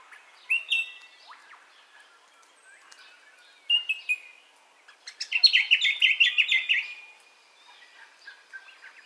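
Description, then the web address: Birds calling at dawn: scattered high chirps and whistles, then a loud rapid trill of repeated notes lasting about two seconds, followed by softer chirps. Dawn ambience of birdcalls, recorded in stereo. "Sound Effects-Foundation Updates AMBIENCE DAWN BIRDCALLS STEREO"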